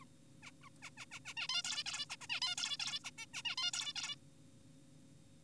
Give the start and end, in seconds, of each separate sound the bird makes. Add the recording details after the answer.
0.02-0.05, 0.42-0.51, 0.62-0.69, 0.82-0.90, 0.98-1.06, 1.12-1.20, 1.26-1.34, 1.37-1.48, 1.49-1.62, 1.65-1.84, 1.86-2.06, 2.10-2.16, 2.21-2.27, 2.30-2.40, 2.42-2.55, 2.58-2.77, 2.80-3.00, 3.04-3.11, 3.18-3.26, 3.34-3.42, 3.45-3.56, 3.58-3.71, 3.74-3.93, 3.96-4.16. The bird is an adult. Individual g4p5U